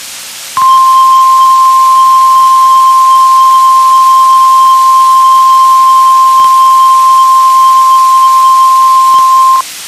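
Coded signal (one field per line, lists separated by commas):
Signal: Emergency Alert System (SAME) tones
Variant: 1050 Hz attention tone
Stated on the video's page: NOAA Weather Radio weekly tests from two transmitters.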